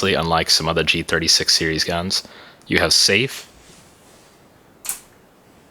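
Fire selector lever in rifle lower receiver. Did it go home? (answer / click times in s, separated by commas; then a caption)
yes / 4.9 s. Someone talks for about the first three seconds, then after a quiet stretch the fire selector lever in the lower receiver of an Aim Top G36C airsoft electric gun is moved from safe to semi-auto. Its detent gives a single sharp click at 4.9 s as it locks into place very easily.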